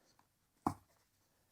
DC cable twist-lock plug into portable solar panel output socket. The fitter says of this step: and it locks into place that's a nice feature it might not seem like a like a big deal